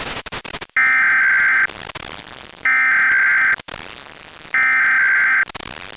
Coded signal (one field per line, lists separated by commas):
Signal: Emergency Alert System (SAME) tones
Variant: header bursts